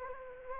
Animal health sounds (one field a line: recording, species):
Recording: mosquito wingbeat signal from an infrared sensor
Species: Anopheles gambiae